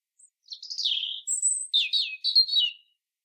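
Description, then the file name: European robin singing a varied phrase: a thin high note, descending warble, a long very high whistle, then a jumble of twittering notes. "Erithacus rubecula"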